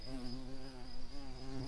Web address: bumblebees Hortorum-queens